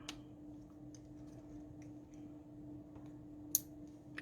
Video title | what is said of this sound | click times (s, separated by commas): Mondeo Mk3 ST220 Auto DRL Mod | there's the click so that's the first one | 3.5 s